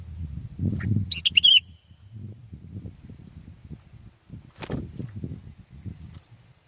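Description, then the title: Sooty-headed bulbul gives one quick liquid phrase of a few warbled notes; low rumbling noise and a brief thump follow. "kutilang"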